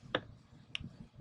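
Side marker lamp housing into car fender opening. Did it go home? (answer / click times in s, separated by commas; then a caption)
yes / 0.1 s, 0.8 s. An LED side marker lamp housing for a 2015–2021 Dodge Charger is pushed back into its fender opening, and its retaining clips snap home with sharp clicks at 0.2 s and 0.8 s. A softer, lower thump follows near 1.2 s, and the housing is seated.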